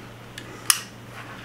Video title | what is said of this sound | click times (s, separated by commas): Worlds Best Filament Drying Solution - PolyDryer by PolyMaker #3dhp | Clicks right in. | 0.7 s